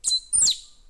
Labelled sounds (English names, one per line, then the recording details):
Stitchbird song
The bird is a male
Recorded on Tiritiri Matangi Island, New Zealand, in 2005
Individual 3, of nest box 3